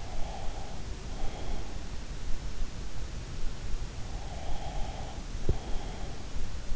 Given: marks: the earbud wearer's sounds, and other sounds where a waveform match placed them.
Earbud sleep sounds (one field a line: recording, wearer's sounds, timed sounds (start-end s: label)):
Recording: sounds in sleep by an in-ear microphone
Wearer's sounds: breath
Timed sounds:
0.00-1.60 s: breath
4.22-6.12 s: breath